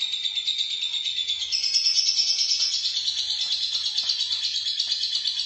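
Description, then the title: Lovebird giving a continuous rapid, shrill trill of high chattering notes, slightly louder around the middle, with no pauses. "BM Suara Burung Lovebird"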